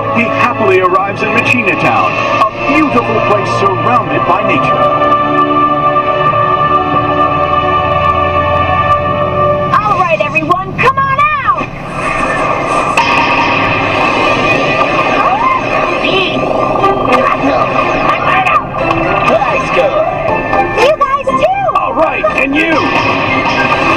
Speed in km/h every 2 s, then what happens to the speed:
57, 57, 59, 63, 69, 72, 74, 75, 76, 75, 73, 72.
0-14 speeds up to 75. 14-24 steady at about 75.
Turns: none.